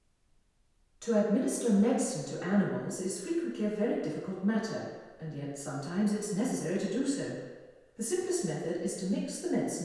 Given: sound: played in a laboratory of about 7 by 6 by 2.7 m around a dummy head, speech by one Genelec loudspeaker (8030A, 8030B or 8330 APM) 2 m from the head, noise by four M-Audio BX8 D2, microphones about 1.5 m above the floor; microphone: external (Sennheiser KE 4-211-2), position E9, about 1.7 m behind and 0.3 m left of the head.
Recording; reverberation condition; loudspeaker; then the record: female speech in English; high; 90 degrees to the right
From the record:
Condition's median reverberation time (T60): about 1300 ms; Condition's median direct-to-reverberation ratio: about -4.0 dB